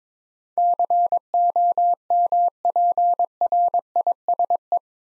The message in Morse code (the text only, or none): COMPRISE